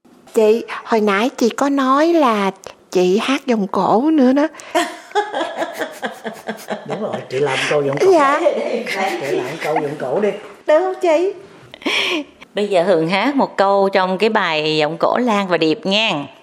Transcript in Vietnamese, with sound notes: Chị, hồi nãy chị có nói là chị hát vọng cổ nữa đó...
(Cười...) Đúng rồi chị làm một câu vọng cổ nữa đi...
Được hông chị?
Bây giờ Hường hát một câu trong cái bài vọng cổ Lan Và Điệp nghen.